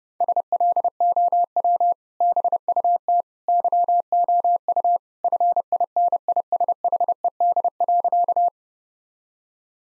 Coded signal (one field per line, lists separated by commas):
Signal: Morse code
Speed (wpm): 29 wpm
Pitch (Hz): 700 Hz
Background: none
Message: SLOW BUT YOU FINISHED.